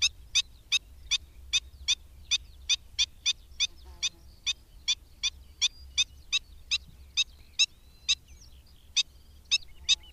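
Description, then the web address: Black-winged stilt giving a long series of sharp, nasal yelping notes, about two and a half per second, steady and insistent. "Madardalok Cd 3. Gólyatöcs"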